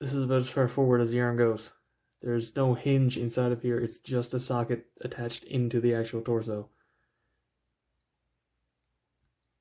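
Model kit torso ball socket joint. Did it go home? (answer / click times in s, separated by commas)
no / none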